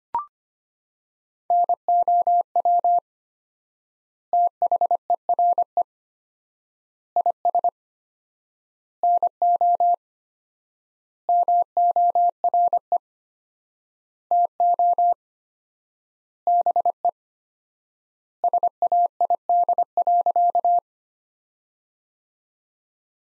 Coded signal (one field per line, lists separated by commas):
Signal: Morse code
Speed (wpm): 25 wpm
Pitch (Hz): 700 Hz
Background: none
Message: NOW THERE IS NO MORE TO BE SAID.